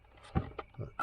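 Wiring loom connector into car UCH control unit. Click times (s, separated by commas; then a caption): 0.6 s. The third wiring loom connector is pushed into the UCH control unit of a 2002 Renault Clio, done because the indicators were stuck on. A few soft handling knocks are followed by a sharp click at 0.6 s as the connector seats, then more faint handling and another knock near the end.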